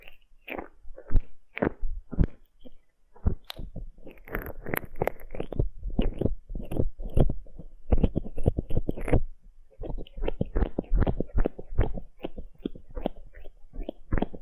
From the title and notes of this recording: ASMR Aloe Gel Ear Massage for Pure Relaxation (No Talking).